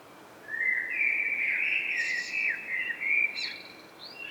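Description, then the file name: Common blackbird singing a sustained fluty warble with scratchy high notes woven in. "Turdus merula"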